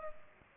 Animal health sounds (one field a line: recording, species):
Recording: mosquito wingbeat signal from an infrared sensor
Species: Culex pipiens